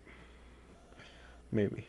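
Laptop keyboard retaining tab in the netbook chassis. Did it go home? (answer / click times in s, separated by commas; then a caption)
no / none. A finger slides down along the plastic edge of the keyboard on an Acer Aspire One D257 netbook, trying to pop free the retaining tab that holds the keyboard in the chassis. Only faint low background noise is heard until someone talks near the end. Nothing has popped or clicked yet, and a second tab above the F1 key is still holding the keyboard in.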